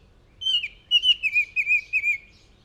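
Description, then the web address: Northern oriole whistling a quick run of pure, slurred notes, the first held longer and the rest shorter and wavering, with nothing else audible. "sound Northern-Oriole. صدای-پرنده-اوریول-شمالی"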